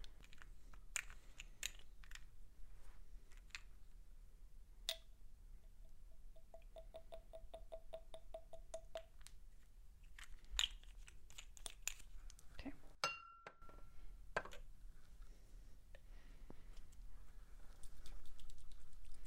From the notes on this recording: clothes rustling, stone sounds, match lighting and massage sounds